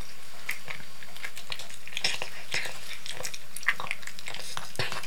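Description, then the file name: Cat eating, with moist licking and chewing clicks coming unevenly through the whole stretch and a few sharper smacks near the middle. Cat eating canned cat food. "Digiffects Sound Effects Library - Cat Eating Canned Cat Food"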